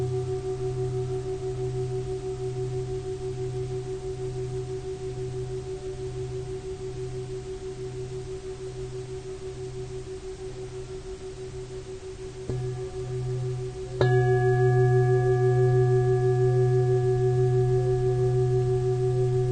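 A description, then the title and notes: A Tibetan singing bowl rings with a steady, sustained hum and a low pulsing throb beneath its clear tones. Around 12 seconds a soft strike adds a layer, then at 14 seconds a firmer strike brightens and swells the ringing, which carries on to the end. Tibetan Singiing Bowl のサウンドヒーリングチャンネル LIVE.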